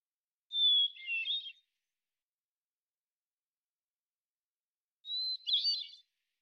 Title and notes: BIRDSong Thrushes And Allies - Hermit Thrush. Hermit Thrush, Catharus guttatus, individual performance, song sequence with an end block of example 8 basic phonemes and variants, isolated from original, natural pace and rhythm maintained Recorded in the beautiful Pacific Northwest, Washington, United States